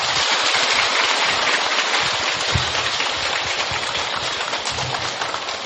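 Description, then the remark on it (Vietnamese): Steady, dense applause from an audience at an award ceremony at Tường Vân monastery in Vietnam, a continuous crackling wash of many hands clapping at once, loud and even for several seconds with no voices over it. “Xin vị dành trọng pháo tay.”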